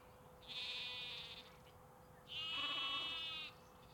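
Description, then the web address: Sheep bleating: two drawn-out, wavering bleats, about two seconds apart. Sheep and lambs, recorded in UK canals, parks and forests. "Sonniss com - GDC 2023-Game Audio Bundle. UK Canals, Parks Forests Sheeps Lamps"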